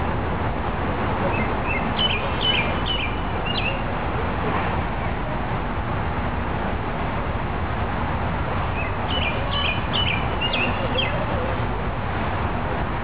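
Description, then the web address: Robin singing thin, high twittering phrases, one burst near the start and another near the end, against a steady roar of flowing water. Recorded at a riverside. "richfragrantchaos robin riverside"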